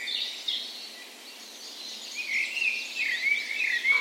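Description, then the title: Birds: dawn chorus with several birds; a clear warbling song grows louder in the second half over fainter high twittering from others. Spring dawn chorus in a park west in Bergen, Norway, on the morning of 17 May, Norway's National Day; recorded with a Sony PCM A10 and LOM Usi microphones as tree ears. "17th Of May Dawn Chorus"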